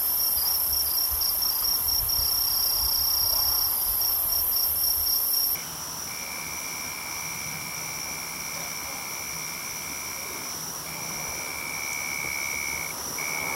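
Kinhibari cricket song, a high ringing trill that pulses in short beats at first, then runs on as a continuous tone, over steady background noise.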